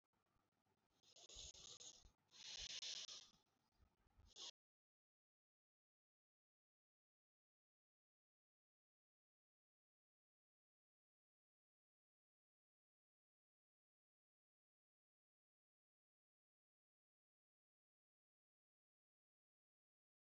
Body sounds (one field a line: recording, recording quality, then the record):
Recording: deep breathing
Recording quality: moderate, slight background noise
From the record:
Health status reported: healthy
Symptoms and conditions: none ticked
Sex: male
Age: 58 years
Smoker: not ticked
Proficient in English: yes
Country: India